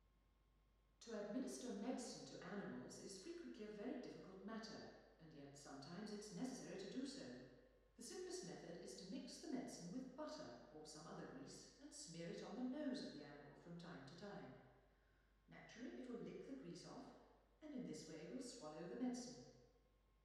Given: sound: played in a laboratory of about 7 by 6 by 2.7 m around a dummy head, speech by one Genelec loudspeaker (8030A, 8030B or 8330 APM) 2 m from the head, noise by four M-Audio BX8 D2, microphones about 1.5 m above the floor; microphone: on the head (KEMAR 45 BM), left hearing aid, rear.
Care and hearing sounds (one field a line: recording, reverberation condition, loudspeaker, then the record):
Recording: female speech in English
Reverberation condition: high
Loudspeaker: 150 degrees to the right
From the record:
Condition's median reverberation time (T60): about 1300 ms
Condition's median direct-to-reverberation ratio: about -4.0 dB